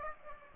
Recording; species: mosquito wingbeat signal from an infrared sensor; Aedes aegypti